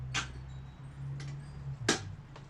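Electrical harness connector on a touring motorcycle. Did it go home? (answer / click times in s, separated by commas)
yes / 1.9 s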